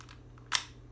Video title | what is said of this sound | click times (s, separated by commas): Crosman Mako CM9B Blowback CO2 BB Pistol (Table Top Review) | it then it slides up and locks in place really well | 0.6 s